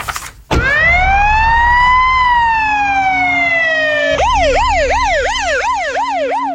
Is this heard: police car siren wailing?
yes